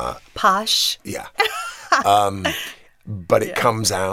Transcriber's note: laughter